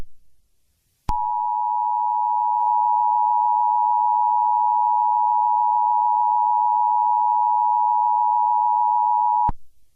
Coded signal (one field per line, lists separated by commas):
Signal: Emergency Alert System (SAME) tones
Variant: 853 and 960 Hz attention tone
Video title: 2/18/2025 - 2/20/2025 EMERGENCY ALERT SYSTEM extreme cold watch